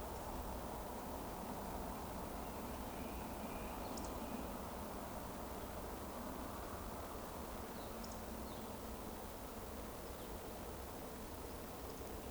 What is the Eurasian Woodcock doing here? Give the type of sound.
whistle